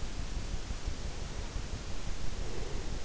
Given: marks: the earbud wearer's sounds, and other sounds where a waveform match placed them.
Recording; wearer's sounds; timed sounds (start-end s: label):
sounds in sleep by an in-ear microphone; breath
1.36-3.01 s: breath